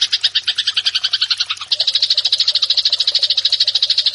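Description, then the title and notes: Eurasian tree sparrow in a rapid chirping series, the notes speeding up and running together after a brief stumble midway. Fighting sounds ('tarung'). "MASTER GEREJA TARUNG. burung gereja"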